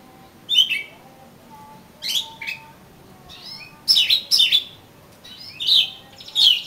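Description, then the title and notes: Oriental magpie-robin song: whistled phrases with sharp downslurred notes, given in bursts separated by short pauses. "suara kacer. kumpulan suara burung kacer"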